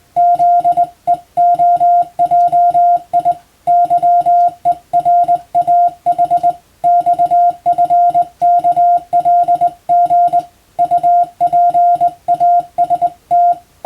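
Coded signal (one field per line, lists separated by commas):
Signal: Morse code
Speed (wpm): 20 wpm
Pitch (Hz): 700 Hz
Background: music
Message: ZEOJI YERAH XFKLG UPAST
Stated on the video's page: Morse sent by a first-class radiotelegraph operator as training for the national radiotelegraph exam, using European-language telegram practice texts.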